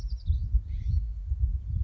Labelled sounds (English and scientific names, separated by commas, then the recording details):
California Scrub-Jay (Aphelocoma californica)
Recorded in Sonoma County, California